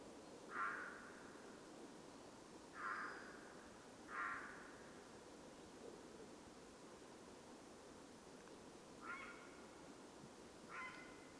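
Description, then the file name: Eurasian jay uttering five harsh, rasping calls at uneven intervals of one to five seconds over steady background hiss. "Garrulus glandarius"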